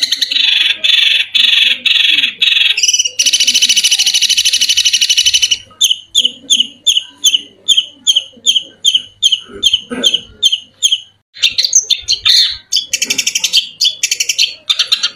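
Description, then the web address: Long-tailed shrike song: high, varied notes, first dense buzzy bursts, then a long rapid run of sharp clipped notes, ending in rapid chattering. Masteran (training recording). "masteran cendet"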